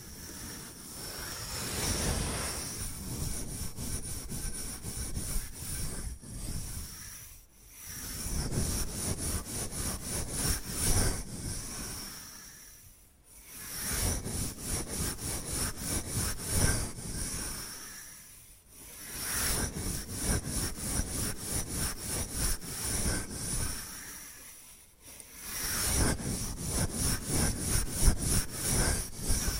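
Bamboo is scratched and brushed in steady, dense back-and-forth strokes with quick ticking, pausing briefly roughly every five to six seconds.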